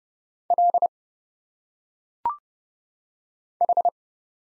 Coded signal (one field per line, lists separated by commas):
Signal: Morse code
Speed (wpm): 30 wpm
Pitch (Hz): 700 Hz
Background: none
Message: L H